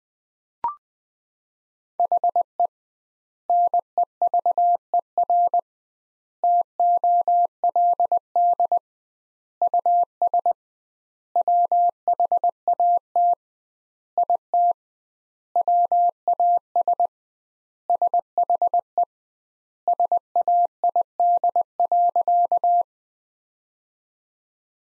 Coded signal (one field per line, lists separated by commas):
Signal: Morse code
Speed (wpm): 20 wpm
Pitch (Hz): 700 Hz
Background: none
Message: HE NEVER TOLD US WHAT IT WAS SHE SAID.